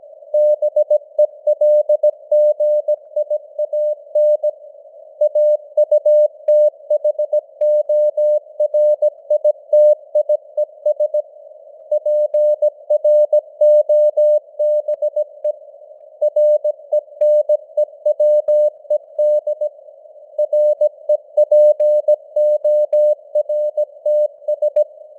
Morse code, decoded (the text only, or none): BELGIAN AUTHORITIES PROBE RENEWED REPORTS